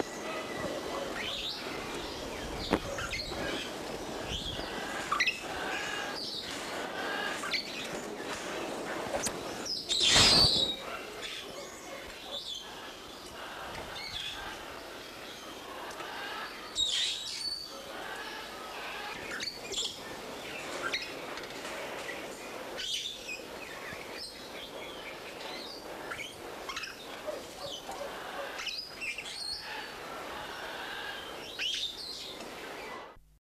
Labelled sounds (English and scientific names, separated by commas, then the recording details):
Red-bellied Parrot (Poicephalus rufiventris) call
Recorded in captivity
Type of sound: call
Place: Loro Parque Tenerife, Provinz Santa Cruz de Tenerife, ES
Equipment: Halbspur, 9,5 cm/s
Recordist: Lütgens, Hans
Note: Rufe